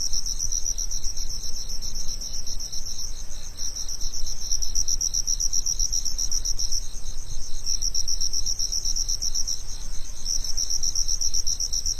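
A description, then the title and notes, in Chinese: Crickets chirr steadily through a summer afternoon, a dense, unbroken high-pitched trill that pulses rapidly and evenly for the whole stretch. A faint low rumble sits far underneath, with the loudness holding level throughout. 夏日午后的蟋蟀。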